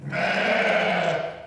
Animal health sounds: contact call of a hoofed animal; sheep; low-frequency (closed-mouth) or high-frequency (open-mouth) call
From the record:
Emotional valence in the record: negative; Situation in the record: short social isolation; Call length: 1.47 s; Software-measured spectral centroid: 1900 Hz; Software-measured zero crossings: 2320 a second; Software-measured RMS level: -24 dBFS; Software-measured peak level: -10 dBFS

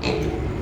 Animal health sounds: contact call of a hoofed animal; pig; closed-mouth grunt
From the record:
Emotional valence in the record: positive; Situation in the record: food and toys in familiar pen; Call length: 0.62 s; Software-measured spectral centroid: 1900 Hz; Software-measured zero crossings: 1190 a second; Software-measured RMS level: -24 dBFS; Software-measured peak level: -10 dBFS

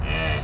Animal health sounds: contact call of a hoofed animal; cattle; low-frequency (closed-mouth) or high-frequency (open-mouth) call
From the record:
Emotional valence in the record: negative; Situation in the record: full separation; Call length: 0.44 s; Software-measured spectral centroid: 2090 Hz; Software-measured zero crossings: 2140 a second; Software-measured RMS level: -24 dBFS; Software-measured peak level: -13 dBFS

